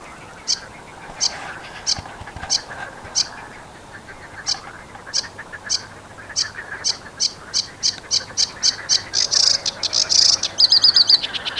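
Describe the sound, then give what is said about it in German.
A bird sings a series of bright, high chirps that start spaced out and speed up into a rapid, trilling run toward the end, heard clearly over a soft outdoor background. “Frau Sänger singt.”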